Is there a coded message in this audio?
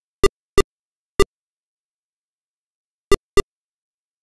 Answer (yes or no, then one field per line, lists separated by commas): no